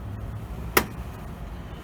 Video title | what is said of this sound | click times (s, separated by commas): How to Repair a Commercial Aluminium Door - Transom Closer Type. | There's a click there as well. | 0.8 s